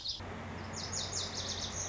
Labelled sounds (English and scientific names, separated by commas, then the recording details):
Lazuli Bunting (Passerina amoena)
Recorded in Sonoma County, California